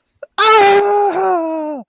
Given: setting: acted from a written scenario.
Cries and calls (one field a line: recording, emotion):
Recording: vocal sound without words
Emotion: pain